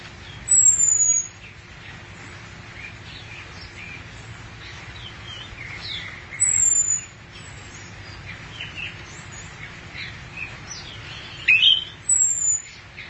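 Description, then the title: Thrush giving thin, very high whistled notes that slide downward, repeated a few times with long gaps, with scattered softer chirps. "burung anis x"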